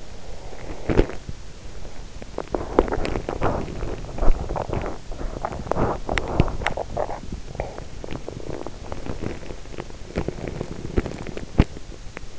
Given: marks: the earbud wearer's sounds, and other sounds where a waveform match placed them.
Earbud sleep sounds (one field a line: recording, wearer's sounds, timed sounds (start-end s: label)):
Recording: sounds in sleep by an in-ear microphone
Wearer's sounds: body movement, swallowing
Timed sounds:
0.00-1.87 s: body movement
1.87-8.01 s: swallowing
8.01-12.39 s: body movement